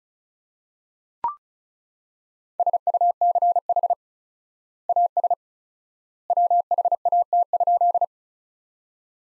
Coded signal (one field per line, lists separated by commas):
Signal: Morse code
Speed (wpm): 36 wpm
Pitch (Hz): 700 Hz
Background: none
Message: SUCH AS WHAT?